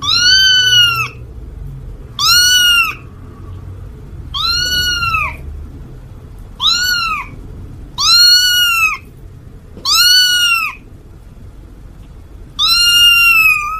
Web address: tieng meo keu hung du dang so